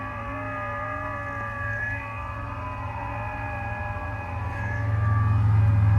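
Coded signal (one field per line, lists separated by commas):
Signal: FT8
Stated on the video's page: FT8 signals from a first Parks On The Air activation of a conservation area in Florida.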